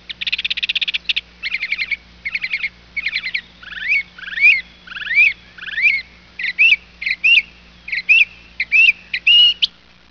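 Bird calls: a few bursts of buzzy rapid notes, then a series of sharp whistled notes that dip and rise; faint low hum underneath.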